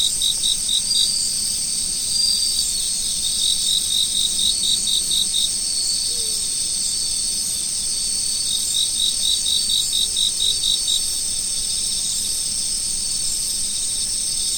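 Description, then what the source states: Chorus of singing insects, a continuous high ringing drone overlaid with intermittent runs of quick, evenly spaced pulsed chirps. Insects singing in fall.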